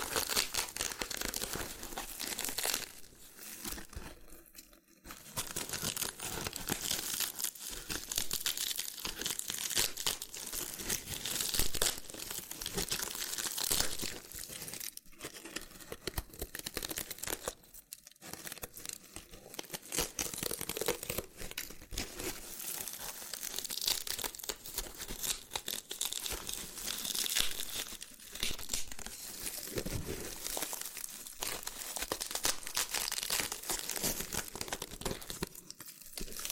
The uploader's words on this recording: ASMR Oddly Satisfying Loofah Triggers with Intense Peeling & Popping Sounds (No Talking).